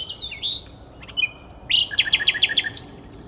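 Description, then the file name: Common nightingale song: varied whistled and slurred notes, then a quick series of loud repeated clicks and chirps ending in a sharp high note. "Luscinia megarhynchos"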